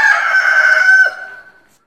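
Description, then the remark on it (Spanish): A rooster crows once, a loud, strained cock-a-doodle-doo held for about a second before trailing off into a fading tail. No voices are heard. “El gallo tan pronto la vio, se prendó de ella y cantó con potente voz para impresionarla.”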